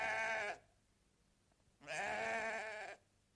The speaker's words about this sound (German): Und eines Tages, ich trieb die Schafe gerade in die Hürde.